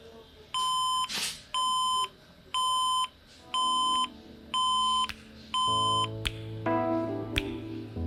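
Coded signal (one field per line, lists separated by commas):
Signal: beep code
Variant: HP BIOS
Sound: six steady electronic beeps about half a second each, evenly spaced, then music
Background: music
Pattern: 6 short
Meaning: Six beeps indicate a corrupted BIOS with no display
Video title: HP z400 Workstation 6 Beeps Red light No display Solution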